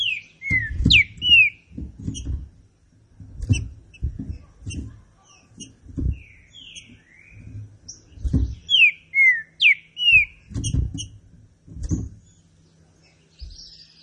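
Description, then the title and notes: Green-winged saltator song with clear falling whistles at the beginning and again midway, with repeated low knocking and scattered high clicks. Classic song style (canto clássico), used for training birds. "Canto Clássico Trinca Ferro TREINAMENTO. trinca fero"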